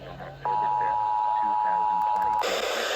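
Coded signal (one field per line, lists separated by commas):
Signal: Emergency Alert System (SAME) tones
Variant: 853 and 960 Hz attention tone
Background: speech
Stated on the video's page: Monthly test in Minnesota.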